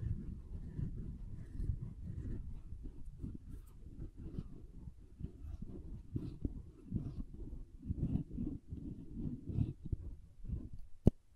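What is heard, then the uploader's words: Soap being tapped and carved, a dense run of soft, muffled, low thuds and scrapes with little brightness. The sound pulses unevenly throughout, with faint crisp scratches above, and a single sharp click stands out near the end. ASMR SoftHard Soap Tapping and Carving (No Talking).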